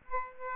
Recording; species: mosquito wingbeat signal from an infrared sensor; Aedes aegypti